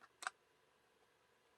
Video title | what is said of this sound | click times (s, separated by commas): Art in Bloom hybrid folder card | So I don't know if you can hear that, but you'll know when you feel it. You can hear it and you can feel it. | 0.3 s